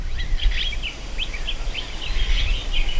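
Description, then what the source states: Common starlings calling as a flock: scattered squeaky, chirping and whistled notes over a steady low rumble of wind or traffic. A flock of starlings flying past over a large open urban field in Berlin, Germany; migratory birds that gather in flocks before winter.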